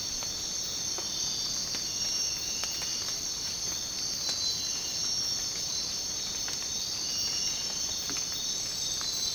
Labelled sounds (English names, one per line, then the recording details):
none
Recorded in dense forest near Puerto Asís, Putumayo, Colombia, on 25 June 2025 at 05:30
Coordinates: 0.499, -76.324
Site G100